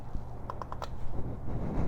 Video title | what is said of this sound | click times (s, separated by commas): Yamaha Virago XV535 SPARK-PLUG REPLACEMENT - NOTIPAMOTO | then I could put this piece slide it back on wait for the click | 0.5 s